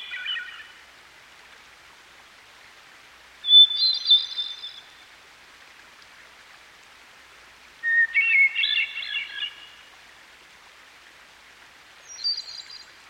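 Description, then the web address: Hermit thrush singing separate fluted phrases, each starting with a long pure whistle then a shimmering cascade, spaced about four seconds apart and shifting pitch, over faint steady background noise. By a stream. "Dan Gibson Songbirds By The Stream. Hermit Thrush"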